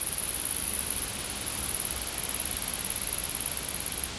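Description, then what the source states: Insect buzzing in a steady very high trill that carries through almost the entire stretch before stopping right at the end. Insects in a field.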